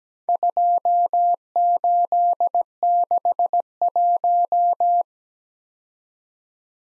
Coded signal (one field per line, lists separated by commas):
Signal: Morse code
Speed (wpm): 17 wpm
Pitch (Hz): 700 Hz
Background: none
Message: 2861